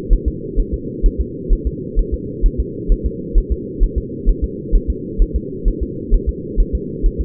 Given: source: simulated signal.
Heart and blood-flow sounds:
fetal heart sounds
0.13 s: S1
0.28 s: S2
0.60 s: S1
0.74 s: S2
1.06 s: S1
1.21 s: S2
1.53 s: S1
1.67 s: S2
1.99 s: S1
2.14 s: S2
2.46 s: S1
2.60 s: S2
2.92 s: S1
3.06 s: S2
3.38 s: S1
3.52 s: S2
3.84 s: S1
3.98 s: S2
4.29 s: S1
4.44 s: S2
4.75 s: S1
4.90 s: S2
5.22 s: S1
5.36 s: S2
5.68 s: S1
5.83 s: S2
6.14 s: S1
6.29 s: S2
6.60 s: S1
6.75 s: S2
7.06 s: S1
7.21 s: S2
From the record:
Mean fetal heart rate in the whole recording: 130 bpm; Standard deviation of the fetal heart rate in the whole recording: 2 bpm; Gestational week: 38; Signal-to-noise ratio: -4.1 dB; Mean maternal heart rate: no maternal heart sound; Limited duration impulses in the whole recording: absent

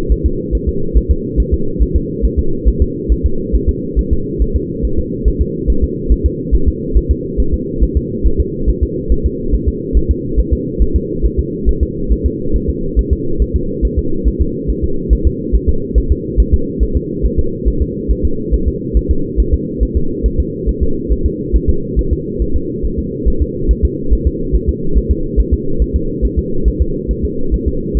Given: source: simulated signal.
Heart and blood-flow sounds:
fetal heart sounds
0.12 s: S1
0.26 s: S2
0.55 s: S1
0.69 s: S2
0.97 s: S1
1.11 s: S2
1.40 s: S1
1.54 s: S2
1.83 s: S1
1.96 s: S2
2.25 s: S1
2.39 s: S2
2.68 s: S1
2.82 s: S2
3.12 s: S1
3.26 s: S2
3.55 s: S1
3.69 s: S2
3.99 s: S1
4.13 s: S2
4.42 s: S1
4.56 s: S2
4.85 s: S1
4.99 s: S2
5.28 s: S1
5.41 s: S2
5.70 s: S1
5.84 s: S2
6.12 s: S1
6.26 s: S2
6.55 s: S1
6.68 s: S2
6.97 s: S1
7.11 s: S2
7.40 s: S1
7.54 s: S2
7.83 s: S1
7.97 s: S2
8.27 s: S1
8.40 s: S2
8.69 s: S1
8.83 s: S2
9.12 s: S1
9.26 s: S2
9.55 s: S1
9.68 s: S2
9.97 s: S1
10.11 s: S2
10.39 s: S1
10.53 s: S2
10.82 s: S1
10.96 s: S2
11.26 s: S1
11.39 s: S2
11.69 s: S1
11.83 s: S2
12.12 s: S1
12.26 s: S2
12.56 s: S1
12.69 s: S2
12.99 s: S1
13.13 s: S2
13.42 s: S1
13.56 s: S2
13.85 s: S1
13.99 s: S2
14.28 s: S1
14.41 s: S2
14.70 s: S1
14.84 s: S2
15.13 s: S1
15.27 s: S2
15.55 s: S1
15.69 s: S2
15.98 s: S1
16.12 s: S2
16.40 s: S1
16.54 s: S2
16.83 s: S1
16.97 s: S2
17.25 s: S1
17.39 s: S2
17.68 s: S1
17.82 s: S2
18.11 s: S1
18.25 s: S2
18.54 s: S1
18.68 s: S2
18.97 s: S1
19.11 s: S2
19.40 s: S1
19.54 s: S2
19.83 s: S1
19.97 s: S2
20.26 s: S1
20.40 s: S2
20.69 s: S1
20.83 s: S2
21.12 s: S1
21.26 s: S2
21.56 s: S1
21.69 s: S2
21.99 s: S1
22.13 s: S2
22.42 s: S1
22.56 s: S2
22.85 s: S1
22.99 s: S2
23.28 s: S1
23.42 s: S2
23.71 s: S1
23.85 s: S2
24.13 s: S1
24.27 s: S2
24.55 s: S1
24.69 s: S2
24.97 s: S1
25.11 s: S2
25.40 s: S1
25.53 s: S2
25.82 s: S1
25.96 s: S2
26.25 s: S1
26.39 s: S2
26.68 s: S1
26.81 s: S2
27.11 s: S1
27.25 s: S2
27.54 s: S1
27.68 s: S2
27.97 s: S1
From the record:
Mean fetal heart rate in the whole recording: 140 bpm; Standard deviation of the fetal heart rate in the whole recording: 2 bpm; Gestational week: 34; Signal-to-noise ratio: -8.1 dB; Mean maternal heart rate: 72 bpm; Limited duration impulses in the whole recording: absent

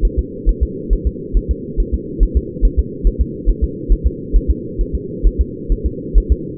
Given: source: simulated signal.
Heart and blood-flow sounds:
fetal heart sounds
0.05 s: S1
0.19 s: S2
0.49 s: S1
0.63 s: S2
0.93 s: S1
1.07 s: S2
1.37 s: S1
1.51 s: S2
1.80 s: S1
1.94 s: S2
2.23 s: S1
2.37 s: S2
2.65 s: S1
2.79 s: S2
3.07 s: S1
3.21 s: S2
3.49 s: S1
3.64 s: S2
3.92 s: S1
4.07 s: S2
4.36 s: S1
4.51 s: S2
4.81 s: S1
4.95 s: S2
5.27 s: S1
5.41 s: S2
5.72 s: S1
5.86 s: S2
6.18 s: S1
6.32 s: S2
From the record:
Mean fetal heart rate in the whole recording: 135 bpm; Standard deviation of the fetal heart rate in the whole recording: 3 bpm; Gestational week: 36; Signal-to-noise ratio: -4.1 dB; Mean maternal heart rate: no maternal heart sound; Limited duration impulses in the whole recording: absent

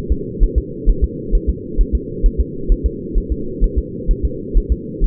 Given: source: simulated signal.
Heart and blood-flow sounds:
fetal heart sounds
0.12 s: S2
0.44 s: S1
0.58 s: S2
0.89 s: S1
1.04 s: S2
1.35 s: S1
1.49 s: S2
1.81 s: S1
1.95 s: S2
2.26 s: S1
2.40 s: S2
2.72 s: S1
2.86 s: S2
3.18 s: S1
3.32 s: S2
3.64 s: S1
3.78 s: S2
4.11 s: S1
4.25 s: S2
4.57 s: S1
4.72 s: S2
5.04 s: S1
From the record:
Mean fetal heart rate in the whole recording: 130 bpm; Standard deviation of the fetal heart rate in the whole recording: 2 bpm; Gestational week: 38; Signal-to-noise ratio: -4.3 dB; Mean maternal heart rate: 72 bpm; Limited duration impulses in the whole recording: absent

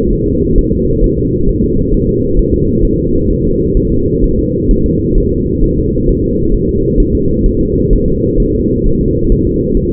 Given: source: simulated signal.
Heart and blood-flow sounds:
fetal heart sounds
0.13 s: S1
0.28 s: S2
0.58 s: S1
0.73 s: S2
1.04 s: S1
1.19 s: S2
1.49 s: S1
1.64 s: S2
1.94 s: S1
2.09 s: S2
2.39 s: S1
2.54 s: S2
2.85 s: S1
2.99 s: S2
3.31 s: S1
3.45 s: S2
3.77 s: S1
3.92 s: S2
4.24 s: S1
4.39 s: S2
4.71 s: S1
4.86 s: S2
5.18 s: S1
5.32 s: S2
5.64 s: S1
5.78 s: S2
6.09 s: S1
6.24 s: S2
6.54 s: S1
6.69 s: S2
7.00 s: S1
7.15 s: S2
7.46 s: S1
7.61 s: S2
7.93 s: S1
8.08 s: S2
8.40 s: S1
8.55 s: S2
8.86 s: S1
9.01 s: S2
9.32 s: S1
9.47 s: S2
9.77 s: S1
9.92 s: S2
From the record:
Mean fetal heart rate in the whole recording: 130 bpm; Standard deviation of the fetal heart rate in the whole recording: 4 bpm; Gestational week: 38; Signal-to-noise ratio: -15.3 dB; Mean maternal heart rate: 72 bpm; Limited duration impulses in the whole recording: present

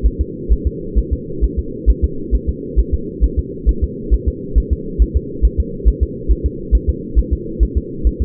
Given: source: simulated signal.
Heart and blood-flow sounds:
fetal heart sounds
0.06 s: S1
0.21 s: S2
0.52 s: S1
0.67 s: S2
0.99 s: S1
1.13 s: S2
1.44 s: S1
1.59 s: S2
1.90 s: S1
2.04 s: S2
2.35 s: S1
2.49 s: S2
2.79 s: S1
2.94 s: S2
3.24 s: S1
3.39 s: S2
3.69 s: S1
3.84 s: S2
4.14 s: S1
4.28 s: S2
4.58 s: S1
4.73 s: S2
5.02 s: S1
5.17 s: S2
5.45 s: S1
5.60 s: S2
5.88 s: S1
6.03 s: S2
6.31 s: S1
6.46 s: S2
6.75 s: S1
6.90 s: S2
7.19 s: S1
7.33 s: S2
7.63 s: S1
7.77 s: S2
8.07 s: S1
8.22 s: S2
From the record:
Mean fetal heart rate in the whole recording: 135 bpm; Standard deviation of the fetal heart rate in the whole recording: 3 bpm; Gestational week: 34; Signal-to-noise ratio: -4.3 dB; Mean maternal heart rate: 72 bpm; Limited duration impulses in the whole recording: absent

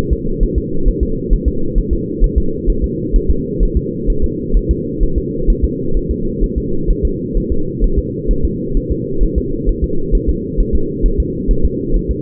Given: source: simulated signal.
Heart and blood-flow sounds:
fetal heart sounds
0.13 s: S2
0.43 s: S1
0.58 s: S2
0.88 s: S1
1.03 s: S2
1.33 s: S1
1.48 s: S2
1.78 s: S1
1.93 s: S2
2.24 s: S1
2.38 s: S2
2.70 s: S1
2.84 s: S2
3.16 s: S1
3.30 s: S2
3.63 s: S1
3.77 s: S2
4.10 s: S1
4.24 s: S2
4.57 s: S1
4.71 s: S2
5.03 s: S1
5.18 s: S2
5.50 s: S1
5.65 s: S2
5.97 s: S1
6.11 s: S2
6.44 s: S1
6.58 s: S2
6.90 s: S1
7.05 s: S2
7.37 s: S1
7.52 s: S2
7.84 s: S1
7.99 s: S2
8.31 s: S1
8.45 s: S2
8.77 s: S1
8.92 s: S2
9.23 s: S1
9.38 s: S2
9.69 s: S1
9.84 s: S2
10.15 s: S1
10.29 s: S2
10.60 s: S1
10.75 s: S2
11.06 s: S1
11.20 s: S2
11.51 s: S1
11.65 s: S2
11.96 s: S1
12.11 s: S2
From the record:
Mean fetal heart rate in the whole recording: 130 bpm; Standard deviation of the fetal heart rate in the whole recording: 2 bpm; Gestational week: 38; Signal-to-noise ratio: -8.1 dB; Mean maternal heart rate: 72 bpm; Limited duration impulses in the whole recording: absent

